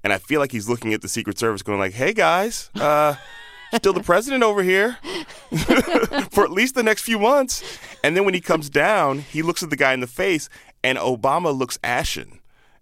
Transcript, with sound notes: and I feel like he's looking at the Secret Service, going like hey guys, uh, still the president over here.
(LAUGHTER)
For at least the next few months. And then when he comes down, he looks at the guy in the face, and Obama looks ashen.